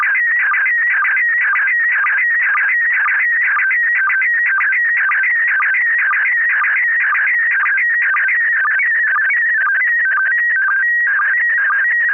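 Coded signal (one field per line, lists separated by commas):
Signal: SSTV (slow-scan television)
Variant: PD 120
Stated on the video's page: SSTV net on an FM repeater at 441.300 MHz.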